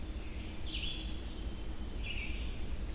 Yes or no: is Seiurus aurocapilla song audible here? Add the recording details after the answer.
no. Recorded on 25 June 2016 at 06:26. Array SBT-6-76